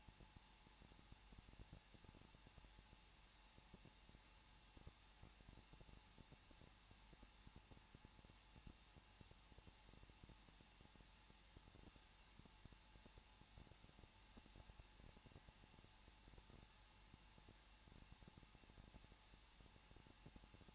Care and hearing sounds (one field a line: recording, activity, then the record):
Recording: daily activity, microphone in the room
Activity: no activity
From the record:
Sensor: 1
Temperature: 20.1 degrees Celsius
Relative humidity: 39.2%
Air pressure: 1006.3 hPa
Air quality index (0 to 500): 217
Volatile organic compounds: 77 ppm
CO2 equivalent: 3582 ppm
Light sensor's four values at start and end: 1/2/1/1 and 1/2/1/1